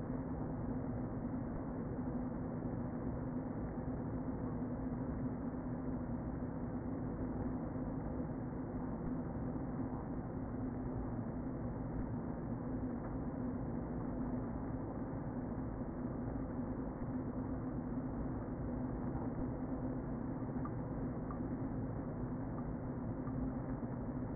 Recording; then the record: honeybee colony, microphone inside the hive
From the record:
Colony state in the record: queen present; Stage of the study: before two queens were removed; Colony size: about 60,000 bees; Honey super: yes